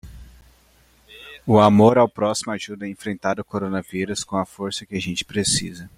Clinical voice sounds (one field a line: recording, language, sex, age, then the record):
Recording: spoken sentence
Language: Brazilian Portuguese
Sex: male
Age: 20 to 29 years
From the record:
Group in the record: control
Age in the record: 20 years